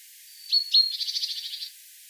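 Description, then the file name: Great tit call: two thin, sharp high notes followed by a fast, scolding rattle of harsh pulses, over a low background hiss. "Parus major"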